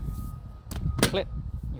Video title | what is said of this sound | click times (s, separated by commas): How to use ONESPORT Ebike OT18? 🎥 Watch Now | you'll hear that click, make sure it doesn't move. | 1.0 s